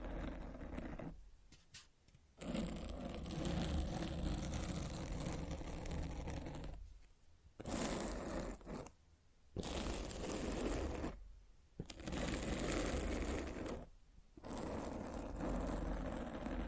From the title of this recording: Mic Scratching